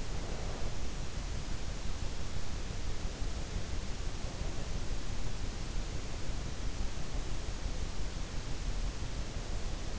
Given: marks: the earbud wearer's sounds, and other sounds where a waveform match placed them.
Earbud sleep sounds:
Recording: sounds in sleep by an in-ear microphone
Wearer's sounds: breath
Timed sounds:
0.00-0.93 s: breath

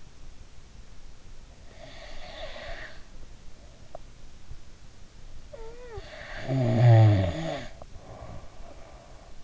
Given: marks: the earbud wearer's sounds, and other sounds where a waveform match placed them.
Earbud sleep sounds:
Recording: sounds in sleep by an in-ear microphone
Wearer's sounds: snoring breath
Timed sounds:
1.82-3.11 s: snoring breath
5.51-9.44 s: snoring breath

